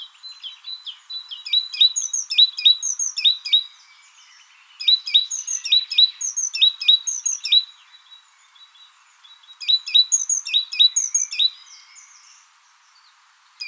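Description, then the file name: Great tit song: three bursts of high, repeated two-note phrases, each lasting a few seconds, with short quiet gaps between them. "Parus major"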